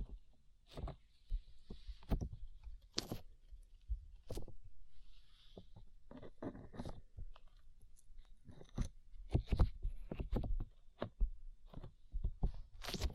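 Slime is squished and pressed, making wet, sticky pops and squelches that come in irregular bursts every second or so. Some clicks are sharp and bright while others are softer and duller. Faint low thumps and short hissy patches sit between them.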